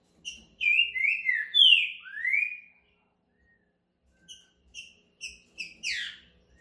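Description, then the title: Green-winged saltator song: one fluent whistled phrase of four slurred notes, then after a pause several short sharp chips. Caged bird's rare song style called curricutil boi boca mole, used to warm up and train a saltator for singing contests, with calling, singing and territorial male display. "TRINCA Piando, Cantando E Macheando Na DISPUTA. CANTO RARO!! TRINCA FERRO CURRICUTIL BOI BOCA MOLE!"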